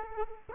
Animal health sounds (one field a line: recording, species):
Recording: mosquito wingbeat signal from an infrared sensor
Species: Culex quinquefasciatus